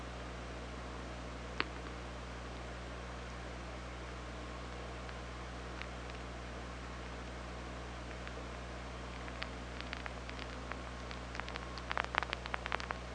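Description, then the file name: Killer whale clicks under steady hydrophone hiss and low hum: a few isolated sharp clicks early on, then a dense burst of rapid clicks in the last four seconds. Hydrophone at OrcaLab, 24 August 2017, about 00:53. "Orca Lab UTLN JASON 20170824 005300"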